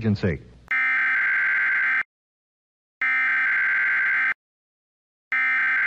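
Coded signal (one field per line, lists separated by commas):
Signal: Emergency Alert System (SAME) tones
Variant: header bursts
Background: speech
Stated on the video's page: Fabricated vintage test-card recreation looping EBS attention signal and EAS SAME tones.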